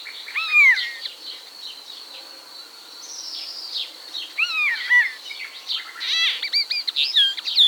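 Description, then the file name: Common starling song: varied slurred whistles, some dropping and some rising, mixed with clicks and a rapid chattering burst near the end. "seregely"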